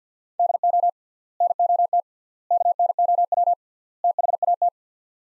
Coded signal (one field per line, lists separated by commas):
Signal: Morse code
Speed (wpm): 50 wpm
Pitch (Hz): 700 Hz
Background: none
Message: DO NOT KNOW THAT